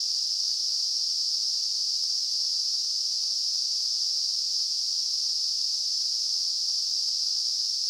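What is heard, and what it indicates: Simulated tinnitus: a steady, continuous high-pitched hiss in a narrow band centred around 5 kHz, holding the same level from start to end.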